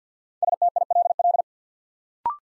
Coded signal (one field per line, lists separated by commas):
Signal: Morse code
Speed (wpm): 48 wpm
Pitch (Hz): 700 Hz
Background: none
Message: STILL